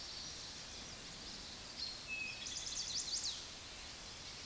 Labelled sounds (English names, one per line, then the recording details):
Chestnut-sided Warbler song
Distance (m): 45 m
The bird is about level with the microphone
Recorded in a Pennsylvania forest on 16 May 2024 at 09:40
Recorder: AudioMoth, point MSD-2234
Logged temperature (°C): 16.4 °C
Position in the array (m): 13 m, 29 m